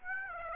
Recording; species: mosquito wingbeat signal from an infrared sensor; Aedes aegypti